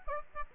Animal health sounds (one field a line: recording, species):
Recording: mosquito wingbeat signal from an infrared sensor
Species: Aedes albopictus